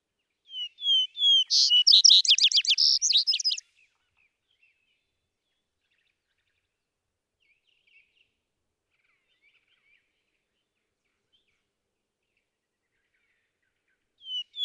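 Vesper sparrow song: opening whistles lead into a bright, buzzy, fast trill. About ten seconds of silence follow, then the next song begins just at the end.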